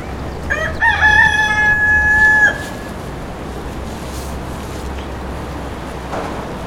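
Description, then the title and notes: Chicken: rooster crowing once, a loud harmonic call that rises briefly then holds a long level tone for about one and a half seconds before cutting off, over a steady low rushing background. Rooster crowing near a river at Les Aspres, France; recorded with a Zoom H6 and Neumann microphones. "Les Aspres, le coq. Près d'une rivière on entend un coq qui chante"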